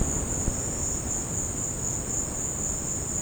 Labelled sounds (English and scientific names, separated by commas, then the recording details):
none
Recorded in secondary vegetation near Puerto Asís, Putumayo, Colombia, on 13 March 2025 at 15:30
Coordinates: 0.481, -76.318
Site G097